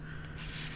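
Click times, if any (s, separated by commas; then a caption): none. A slide end plate is handled against the back of a Glock pistol slide while it is being slid into place during a field strip. Only a low steady hum and faint handling noise are heard, with no sharp sounds. Nothing has seated or clicked yet.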